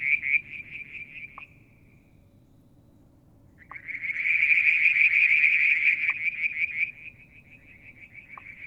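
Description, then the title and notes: Frog gives pulsed, buzzy trills: a quieter trill fades out, then after a pause a louder dense trill runs about three seconds before dropping back to a quieter trill, with occasional low knocks over a low rumbling background. Striped marsh frog, Verreaux's tree frog and an unidentified frog; Mount Wilson, New South Wales, Australia; July 2022; evening, near a water tank. "Frog song, Mount Wilson, New South Wales, Australia in July 2022 – by Alexander Moffatt. Limnodynastes Peronii, Litoria Verreauxii and a mystery frog one evening near the water tank"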